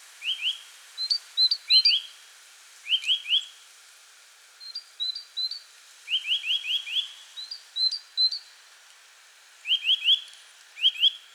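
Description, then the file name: Eurasian nuthatch calls: short rising notes in quick runs of two to four, scattered among fainter high thin notes. "Sitta europaea"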